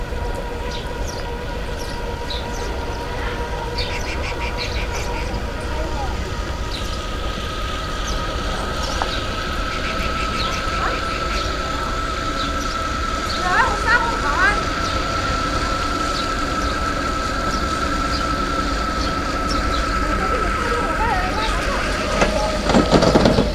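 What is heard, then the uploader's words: Factory hall with a steady low machine drone and hum tones, people talking, a cart rattling by, and sharper clatters near the end. Factory. Conversation. Cart.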